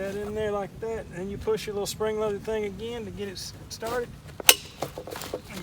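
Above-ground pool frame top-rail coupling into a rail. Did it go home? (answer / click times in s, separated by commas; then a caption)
yes / 4.5 s. Someone talks while pushing a metal top-rail coupling with a spring-loaded pin into the next rail of an Intex 18' x 52" above-ground pool frame. A sharp metallic click at 4.5 s marks the pin popping into its hole and seating the coupling, followed by a few quieter clinks.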